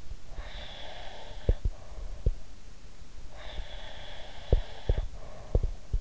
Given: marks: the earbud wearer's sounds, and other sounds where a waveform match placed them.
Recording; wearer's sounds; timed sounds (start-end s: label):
sounds in sleep by an in-ear microphone; breath
0.27-2.42 s: breath
1.41-2.42 s: sound from someone else or the room
3.29-5.71 s: breath
4.47-6.01 s: sound from someone else or the room